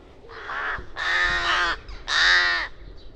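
Rook giving three harsh, hoarse caws, the second the longest and most grating.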